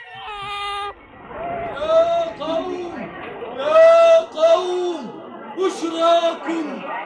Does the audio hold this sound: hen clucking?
no